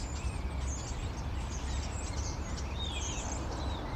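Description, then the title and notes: Common starlings giving thin high whistles, slurred rising and falling notes, and short chirps, over a steady low rumble of traffic. Several starlings perched on a crane in an inner courtyard of a city block, Rue Tasson-Snel 9, Saint-Gilles, Belgium; recorded with a Sony PCM-M10. "Rue Tasson-Snel 9, 1060 Saint-Gilles, Belgique - Étourneaux - Starlings. Étourneaux sur une grue, intérieur dîlot. Starlings on a crane, Inner courtyard. Sony PCM-M10"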